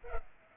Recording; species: mosquito wingbeat signal from an infrared sensor; Culex pipiens